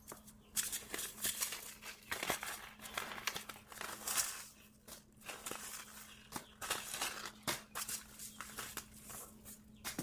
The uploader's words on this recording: Sorting Seed packets. Sorting packets of seeds.